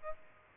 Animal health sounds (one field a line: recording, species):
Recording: mosquito wingbeat signal from an infrared sensor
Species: Aedes albopictus